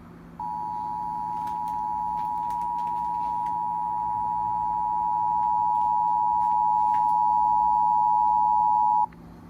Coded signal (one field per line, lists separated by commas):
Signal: Emergency Alert System (SAME) tones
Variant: 853 and 960 Hz attention tone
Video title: Fire Warnings (EAS #2582-2583)